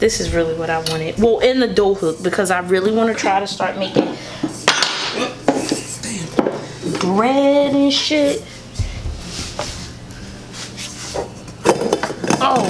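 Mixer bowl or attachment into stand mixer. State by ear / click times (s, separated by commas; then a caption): seated / 11.9 s, 12.0 s, 12.3 s. Someone talks while unboxing a small 3.5 KitchenAid stand mixer, with hard knocks and clatter around 4.7 to 6.4 seconds. A part, either the bowl or the dough hook, is fitted onto the mixer, and short hard clicks at 11.9, 12.0 and 12.3 seconds mark it locking into place.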